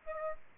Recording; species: mosquito wingbeat signal from an infrared sensor; Aedes albopictus